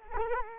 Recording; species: mosquito wingbeat signal from an infrared sensor; Culex quinquefasciatus